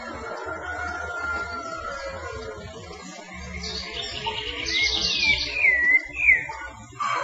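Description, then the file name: Rufous-bellied thrush with a few quick looping whistled notes late, mixed with brief higher chirps and a faint low hum. "Turdus rufiventris"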